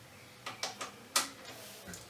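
A brake caliper mounting bolt on the fork leg of a ZXR 400 motorcycle is tightened with a click-type torque wrench to the manual's value. Sharp ratchet ticks sound at about 0.5 s and 0.6 s, then a louder final click of the wrench reaching its torque setting comes at 1.2 s.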